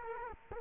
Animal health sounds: mosquito wingbeat signal from an infrared sensor; Culex quinquefasciatus

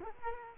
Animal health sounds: mosquito wingbeat signal from an infrared sensor; Culex quinquefasciatus

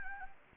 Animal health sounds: mosquito wingbeat signal from an infrared sensor; Anopheles gambiae

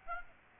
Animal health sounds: mosquito wingbeat signal from an infrared sensor; Aedes aegypti

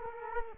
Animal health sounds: mosquito wingbeat signal from an infrared sensor; Culex quinquefasciatus

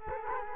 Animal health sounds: mosquito wingbeat signal from an infrared sensor; Culex quinquefasciatus

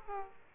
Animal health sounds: mosquito wingbeat signal from an infrared sensor; Aedes aegypti

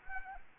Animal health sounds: mosquito wingbeat signal from an infrared sensor; Anopheles gambiae

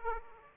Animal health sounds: mosquito wingbeat signal from an infrared sensor; Aedes aegypti

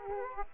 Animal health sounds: mosquito wingbeat signal from an infrared sensor; Aedes aegypti

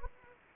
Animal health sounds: mosquito wingbeat signal from an infrared sensor; Anopheles gambiae

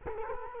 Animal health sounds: mosquito wingbeat signal from an infrared sensor; Culex quinquefasciatus

